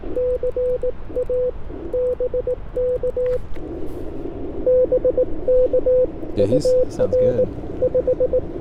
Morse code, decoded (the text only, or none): CA BK BK UR 5